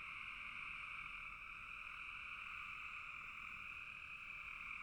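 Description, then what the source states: Frogs in a dense calling chorus, a steady shimmering trill in two pitch bands, unbroken throughout, with no other clear sounds. Frogs calling in a bog.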